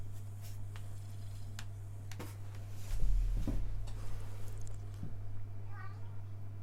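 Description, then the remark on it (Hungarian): A cat lets out a single short, rising meow near the end, heard over a steady low electrical hum with a few soft clicks and thumps earlier on. “Már mint a macska.”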